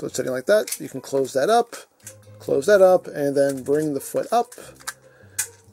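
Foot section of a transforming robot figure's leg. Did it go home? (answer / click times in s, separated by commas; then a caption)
yes / 5.4 s. While someone talks, the lower leg of a plastic transforming robot figure is closed up and its foot section is brought up. A single sharp click at 5.4 s marks the foot panel snapping into place, fully seated.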